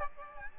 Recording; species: mosquito wingbeat signal from an infrared sensor; Aedes albopictus